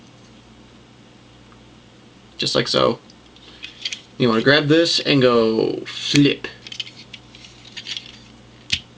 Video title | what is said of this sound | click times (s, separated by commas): RTS Bumblebee | and go until it kind of clicks in it doesn't click but it like it's you feel it | 8.7 s